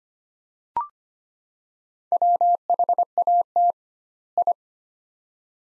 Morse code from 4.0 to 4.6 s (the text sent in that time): I